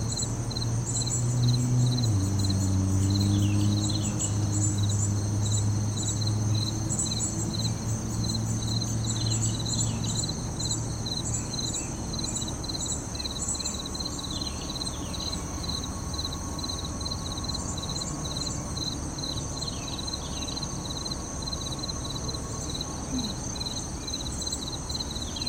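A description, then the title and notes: Crickets and cicadas sing in a steady, dense, high-pitched pulsing chorus that never lets up. Bird chirps dart in and out across the whole stretch, while a low rumble of passing traffic swells early on and then settles into a constant hum. Late Summer in the city park. Crickets and cicadas sing all day, birds chirp and the world goes rushing.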